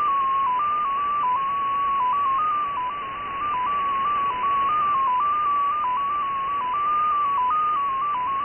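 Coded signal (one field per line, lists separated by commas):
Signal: numbers station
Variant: XPA2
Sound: a single steady tone hopping quickly between nearby pitches, several steps a second, in hiss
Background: radio static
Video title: XPA2 16338 USB 10-14-2018 1500z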